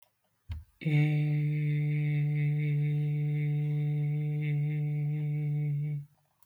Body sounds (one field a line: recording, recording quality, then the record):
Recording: sustained vowel as in made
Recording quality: excellent, no background noise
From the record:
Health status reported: healthy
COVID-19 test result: negative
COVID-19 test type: RT-PCR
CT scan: not taken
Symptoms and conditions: none ticked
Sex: male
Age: 20 years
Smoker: no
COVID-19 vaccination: both doses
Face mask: worn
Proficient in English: yes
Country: India